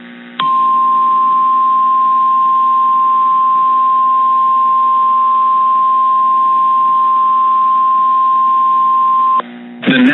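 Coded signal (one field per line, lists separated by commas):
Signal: Emergency Alert System (SAME) tones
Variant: 1050 Hz attention tone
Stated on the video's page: Real storm EAS alerts.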